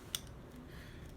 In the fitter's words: and after that line it up and just hear the clicks